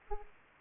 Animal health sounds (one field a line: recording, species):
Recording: mosquito wingbeat signal from an infrared sensor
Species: Aedes aegypti